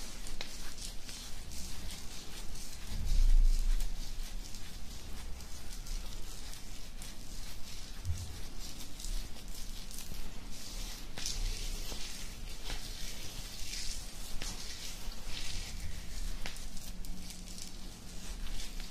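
Beard scratching, a steady dense rasping of fingers through bristly hair that runs the whole time with bright scratchy texture. Brief low thumps and bumps break in around 3 seconds, again near 8 and 11 seconds, with a faint low hum underneath.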